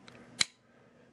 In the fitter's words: clicks right into the first notch on my rail and as you can see there's no